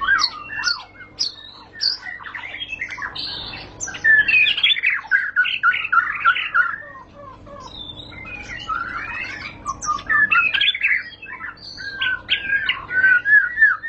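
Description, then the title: White-rumped shama song with sharp high whistles, clicks and warbled slurs, phrases changing constantly over a steady faint background hum. High-class lure (pancingan) recording, much sought as master song for training caged birds. "Pancingan Murai Batu Berkelas Banyak Di Cari Buat Masteran"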